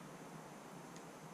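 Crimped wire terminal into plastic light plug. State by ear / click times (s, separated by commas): not seated / none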